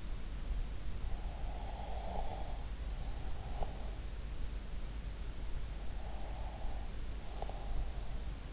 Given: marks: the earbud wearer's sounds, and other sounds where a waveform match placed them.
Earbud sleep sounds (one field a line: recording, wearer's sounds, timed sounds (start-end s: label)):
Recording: sounds in sleep by an in-ear microphone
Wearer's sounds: breath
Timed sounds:
1.08-4.53 s: breath
5.63-8.53 s: breath